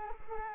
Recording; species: mosquito wingbeat signal from an infrared sensor; Culex quinquefasciatus